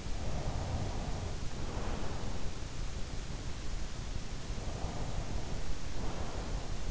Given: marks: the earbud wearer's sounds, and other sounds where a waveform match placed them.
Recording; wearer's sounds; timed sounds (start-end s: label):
sounds in sleep by an in-ear microphone; breath
0.11-2.52 s: breath
4.46-6.91 s: breath